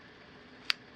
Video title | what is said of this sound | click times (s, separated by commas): Film Leader Retriever - A VERY COMPACT RETRIEVER FOR YOUR CAMERA BAG | okay now you heard that that click now you know you're in position | 0.7 s